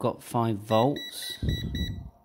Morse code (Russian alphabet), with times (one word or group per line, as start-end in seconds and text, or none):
none